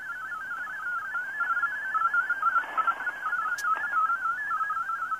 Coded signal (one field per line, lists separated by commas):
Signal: multi-tone FSK (Olivia or MFSK type)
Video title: 5850 kHz WRMI Broadcasting Digital Modes - Sony ICF-SW7600GR